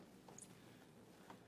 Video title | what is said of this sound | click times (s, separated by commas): StoreEver: Unboxing a StoreEver MSL 1/8 G2 Autoloader with an LTO9 Tape Drive | system it's pretty easy you just kind of put it in into the slot and slide it in it'll click | 0.4 s